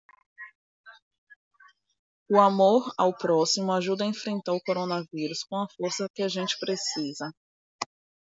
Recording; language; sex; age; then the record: spoken sentence; Brazilian Portuguese; female; 20 to 29 years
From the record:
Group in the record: control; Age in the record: 29 years